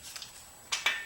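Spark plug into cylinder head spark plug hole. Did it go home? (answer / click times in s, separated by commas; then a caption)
no / none. A spark plug is turned in a stripped spark plug hole in an aluminium VW cylinder head, and its thread does not catch, so the plug just spins. Faint metallic ticks come around 0.2 s, followed by louder, bright scraping bursts near 0.7, 0.9 and 1.1 s. The plug has not seated or clicked into place; the hole is stripped.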